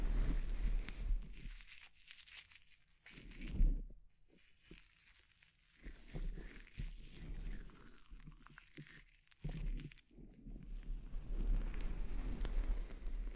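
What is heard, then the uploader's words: Scalp treatment sounds: uneven rustling and rubbing bursts, crackly bright scratching with heavy low thumps, pausing briefly around four and nine seconds. Scalp Treatment (No Talking).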